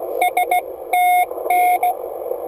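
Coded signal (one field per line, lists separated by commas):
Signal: Morse code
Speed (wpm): 17 wpm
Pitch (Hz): 720 Hz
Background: none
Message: STN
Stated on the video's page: CW QSO from a car on an Icom 701 at 25W, home-made key, MFJ-1620 antenna.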